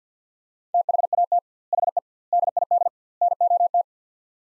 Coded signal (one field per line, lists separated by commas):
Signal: Morse code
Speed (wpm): 50 wpm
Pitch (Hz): 700 Hz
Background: none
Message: THAT HE DID NOT